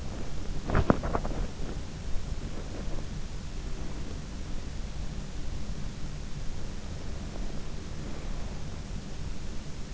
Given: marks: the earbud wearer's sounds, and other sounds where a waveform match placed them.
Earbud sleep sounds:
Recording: sounds in sleep by an in-ear microphone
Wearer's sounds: body movement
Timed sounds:
0.00-1.88 s: body movement

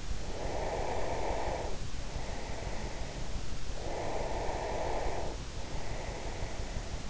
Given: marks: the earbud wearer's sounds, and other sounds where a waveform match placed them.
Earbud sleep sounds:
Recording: sounds in sleep by an in-ear microphone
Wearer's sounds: breath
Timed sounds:
0.28-7.10 s: breath

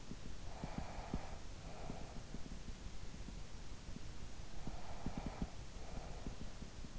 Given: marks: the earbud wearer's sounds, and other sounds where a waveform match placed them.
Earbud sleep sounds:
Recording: sounds in sleep by an in-ear microphone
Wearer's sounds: breath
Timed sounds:
0.18-2.58 s: breath
4.30-6.81 s: breath

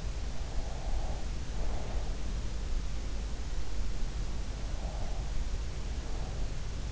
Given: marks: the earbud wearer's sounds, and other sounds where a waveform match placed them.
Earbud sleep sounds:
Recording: sounds in sleep by an in-ear microphone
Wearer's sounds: breath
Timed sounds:
0.36-2.42 s: breath
4.61-6.68 s: breath

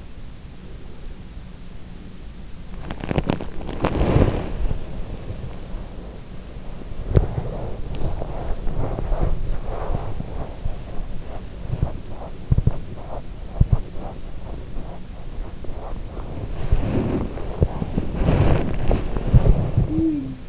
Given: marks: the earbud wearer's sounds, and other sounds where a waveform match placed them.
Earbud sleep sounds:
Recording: sounds in sleep by an in-ear microphone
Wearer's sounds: breath, body movement, teeth grinding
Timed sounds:
0.55-2.28 s: breath
2.51-20.49 s: body movement
11.38-14.00 s: teeth grinding
19.32-20.37 s: sound from someone else or the room

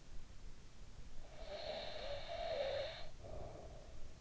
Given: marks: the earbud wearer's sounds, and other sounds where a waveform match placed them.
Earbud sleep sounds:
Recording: sounds in sleep by an in-ear microphone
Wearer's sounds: breath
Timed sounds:
0.99-4.19 s: breath

